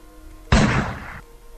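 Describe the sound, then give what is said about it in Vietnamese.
A single loud gunshot, fired from a gun a man has just picked up into Ngọc Long's head, bursts out of near-silence, a sharp booming crack that rings briefly before cutting off, with no voices. “Tài kìa hắn nhặt khẩu súng lên, rồi bất ngờ cho Ngọc Long một viên kẹo đồng ngay giữa sọ.”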